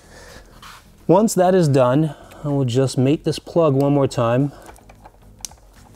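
On a Honda CBR300R, a plastic wiring harness plug on a brake light modulator is pushed into the motorcycle's tail light wiring connector while someone talks. After a few faint ticks, a sharp click at 5.5 s marks the plug latching, and the connector is seated.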